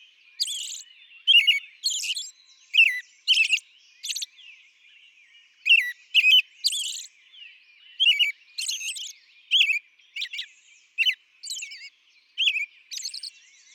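American robin singing a steady string of brief, liquid whistled phrases alternating with thin, high-pitched squeaky notes, with short pauses between groups.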